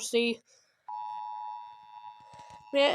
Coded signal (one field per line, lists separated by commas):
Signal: Emergency Alert System (SAME) tones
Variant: 853 and 960 Hz attention tone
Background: speech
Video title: EAS Child Abduction Emergency On Channel 18 During 1/53 Scale School Bus Fleet Update